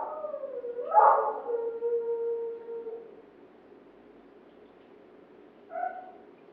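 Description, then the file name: Dog's howl wavering and fading out, then after a pause a short, softer bark. Neighbours' dog barking. "Digiffects Sound Effects Library - Neighbours Dog Barking"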